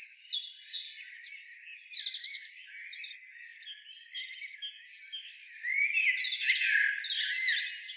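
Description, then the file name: Eurasian blackbird song: choppy bursts of twittering notes, then a louder sustained warbling phrase in the last few seconds. "Turdus merula"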